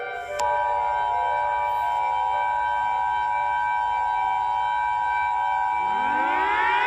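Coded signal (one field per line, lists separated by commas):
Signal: Emergency Alert System (SAME) tones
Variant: 853 and 960 Hz attention tone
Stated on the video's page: Fictional Emergency Alert System scenario about a character attacking people; simulated, not a real alert.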